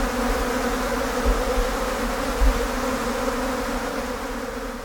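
Blowflies humming, an even buzz with overlapping tones and two short louder pulses midway, fading a little at the close.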